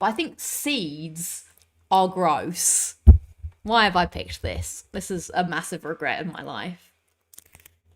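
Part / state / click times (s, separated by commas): drink lid or tab on a drink container / released / 7.3 s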